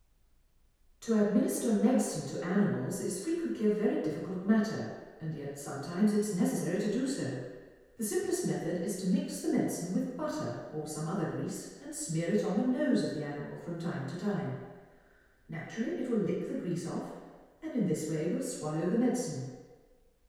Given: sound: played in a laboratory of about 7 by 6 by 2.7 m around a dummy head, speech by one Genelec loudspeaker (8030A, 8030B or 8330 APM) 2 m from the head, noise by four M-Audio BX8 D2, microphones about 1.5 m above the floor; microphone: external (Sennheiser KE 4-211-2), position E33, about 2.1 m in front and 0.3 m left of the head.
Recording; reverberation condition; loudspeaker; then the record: female speech in English; high; 150 degrees to the right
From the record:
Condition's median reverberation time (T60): about 1300 ms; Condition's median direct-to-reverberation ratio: about -4.0 dB